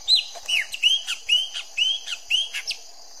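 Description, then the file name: Chopi blackbird song: a rapid series of liquid whistled phrases, each rising then dropping, about two per second, over a steady background hiss. "canto do grauna"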